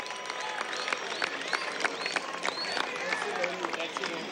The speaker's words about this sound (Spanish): un aplauso a estas mujeres